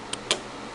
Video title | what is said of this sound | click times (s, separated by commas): Kirby cord change ( Good for any Kirby from 1997-present ) | not a loud snap but it snaps in place bits like a glove | 0.3 s